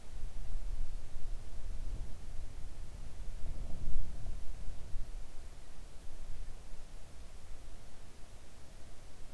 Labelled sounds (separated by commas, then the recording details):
wind
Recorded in the Arctic National Wildlife Refuge, Alaska, on 3 August 2019 at 05:25
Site 41